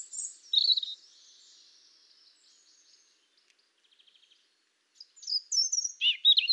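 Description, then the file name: European robin song: a high sweet phrase, a long quiet stretch with faint ticking notes, then several loud sliding, tumbling phrases close together at the end. "Erithacus rubecula"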